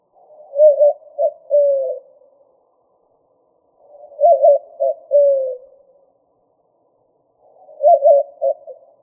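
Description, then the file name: White-winged dove cooing: low hooting phrases of several coos ending in a longer drawn note, repeated about every three and a half seconds in quiet surroundings. "WWDO 5 deviche"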